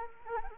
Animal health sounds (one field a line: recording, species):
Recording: mosquito wingbeat signal from an infrared sensor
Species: Anopheles arabiensis